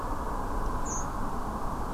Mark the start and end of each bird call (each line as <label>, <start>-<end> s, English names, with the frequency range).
Redwing (5.4-8.2 kHz), 0.84-1.09 s